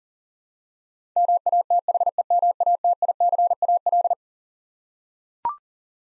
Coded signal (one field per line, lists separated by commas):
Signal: Morse code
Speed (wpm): 40 wpm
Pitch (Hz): 700 Hz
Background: none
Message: MATHEMATICAL